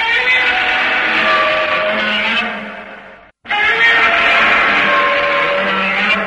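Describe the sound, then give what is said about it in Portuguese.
Godzilla's roar: two long, loud, screeching bellows with a rasping, harmonic tone and a slight echo, separated by a brief silence, with no talking. “É delicioso o grito do Godzilla!”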